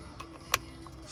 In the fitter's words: Snaps into place.